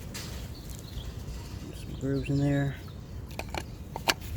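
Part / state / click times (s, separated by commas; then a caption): broken plastic oil filter cap cover piece into the cap housing grooves / seated / 4.1 s. A broken plastic oil filter cap cover piece from a Mercedes or Chrysler Crossfire, repaired, has its pointed forks lined up with the grooves on the cap housing and is pushed in while someone talks. A few light ticks lead up to a sharp click at 4.1 s as the piece snaps into the grooves and seats.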